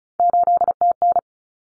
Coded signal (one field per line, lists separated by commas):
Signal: Morse code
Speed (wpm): 34 wpm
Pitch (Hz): 700 Hz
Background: none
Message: 8TN